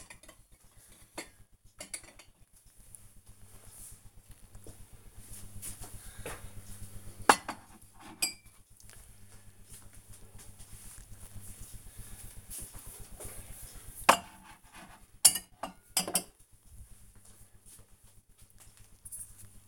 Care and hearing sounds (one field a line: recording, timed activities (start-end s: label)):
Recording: household activities, microphone on the right wrist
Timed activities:
0.00-19.67 s: putting away the dishes